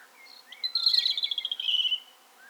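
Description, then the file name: European robin song: soft introductory notes, then a sweet, high warble with rapid fluttering trills. "Erithacus rubecula"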